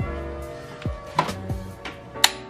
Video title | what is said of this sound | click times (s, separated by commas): Spark Plugs & Ignition Coil Replacement On A BMW 335i N55 E90 | guys there's the first one you heard the click now | 2.2 s